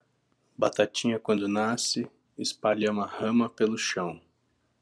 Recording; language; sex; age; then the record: short text; Brazilian Portuguese; male; 30 to 39 years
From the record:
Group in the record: control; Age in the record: 39 years